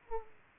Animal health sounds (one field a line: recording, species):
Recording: mosquito wingbeat signal from an infrared sensor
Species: Aedes aegypti